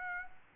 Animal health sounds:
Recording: mosquito wingbeat signal from an infrared sensor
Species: Aedes aegypti

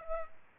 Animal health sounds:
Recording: mosquito wingbeat signal from an infrared sensor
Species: Aedes aegypti

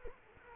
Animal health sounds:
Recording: mosquito wingbeat signal from an infrared sensor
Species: Culex quinquefasciatus

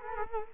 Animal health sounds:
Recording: mosquito wingbeat signal from an infrared sensor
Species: Culex quinquefasciatus

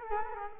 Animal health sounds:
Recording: mosquito wingbeat signal from an infrared sensor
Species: Culex quinquefasciatus

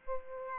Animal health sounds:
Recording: mosquito wingbeat signal from an infrared sensor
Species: Aedes aegypti

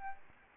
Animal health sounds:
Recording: mosquito wingbeat signal from an infrared sensor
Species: Aedes albopictus

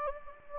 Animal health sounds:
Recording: mosquito wingbeat signal from an infrared sensor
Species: Anopheles gambiae

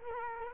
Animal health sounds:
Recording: mosquito wingbeat signal from an infrared sensor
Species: Culex quinquefasciatus

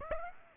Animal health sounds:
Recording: mosquito wingbeat signal from an infrared sensor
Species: Aedes aegypti

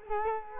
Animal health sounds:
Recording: mosquito wingbeat signal from an infrared sensor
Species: Culex quinquefasciatus

